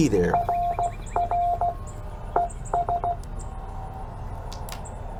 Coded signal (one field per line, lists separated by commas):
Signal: Morse code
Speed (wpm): 15 wpm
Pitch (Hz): 700 Hz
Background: speech, radio noise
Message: RR ES